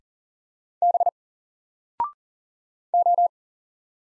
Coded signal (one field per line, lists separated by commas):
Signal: Morse code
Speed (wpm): 40 wpm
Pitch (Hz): 700 Hz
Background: none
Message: B O